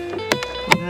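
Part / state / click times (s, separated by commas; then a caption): glove box clips into dashboard / seated / 0.3 s, 0.7 s. Plastic glove box parts on a 2025 Honda Civic are snapped one after another into the dashboard, with sharp clicks at 0.3 s and 0.7 s and a softer tap at about 0.4 s over a steady tonal background. Both pieces seat, confirming the glove box is clipped back in.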